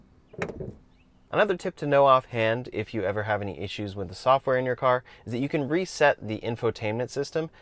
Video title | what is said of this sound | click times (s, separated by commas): NEW 2024 Tesla Tips & Tricks For Model Y & 3 - Tesla's Best Features | and it's usually two clicks | 0.3 s, 0.4 s